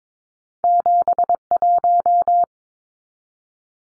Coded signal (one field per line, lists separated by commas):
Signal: Morse code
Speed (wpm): 22 wpm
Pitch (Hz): 700 Hz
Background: none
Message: 71